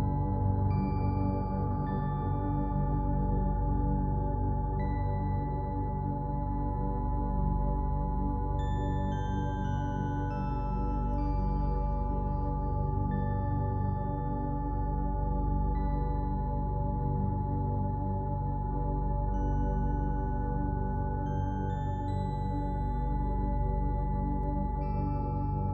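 Sustained 852Hz solfeggio tones hum over a deep, thick low drone, the level holding steady for the whole stretch. Bright, bell-like overtones ring above, shifting gently in pitch now and then like a singing bowl, while nothing else intrudes.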